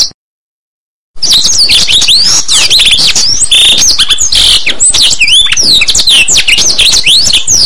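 Blackthroat song beginning after a second of silence: quick, tumbling high whistles, swooping slurs and brief buzzes delivered without pause.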